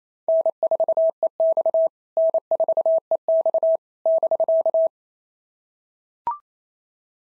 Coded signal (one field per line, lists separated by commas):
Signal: Morse code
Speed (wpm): 31 wpm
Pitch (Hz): 650 Hz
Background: none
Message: N4EX N4EX <BK>